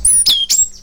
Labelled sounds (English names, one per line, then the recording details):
Stitchbird song
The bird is a male
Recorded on Tiritiri Matangi Island, New Zealand, in 2005
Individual 19, of nest box 27